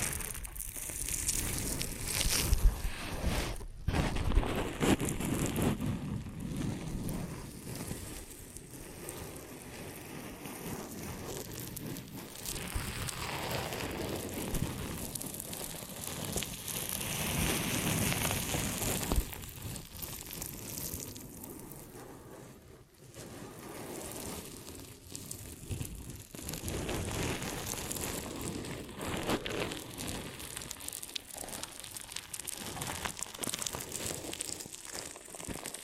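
Ear and scalp massage and cleaning, heard as a dense, continuous crackle and rustle like crinkling paper or rain. The rubbing swells and eases in waves, with brief near-silent breaks around 4 and 23 seconds, and a soft low rumble underneath.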